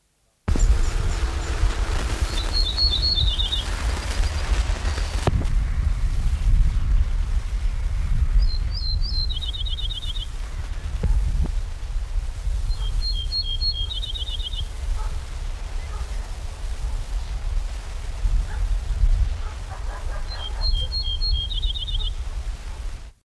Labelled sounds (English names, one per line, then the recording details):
Ortolan Bunting song
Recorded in the wild
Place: Göhrde, Niedersachsen, DE
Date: 1985-05-31
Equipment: Halbspur, 9,5 cm/s
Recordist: Lütgens, Hans
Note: Gesang, zwischen Göhrde und Metzingen beim Abzweig Schmesau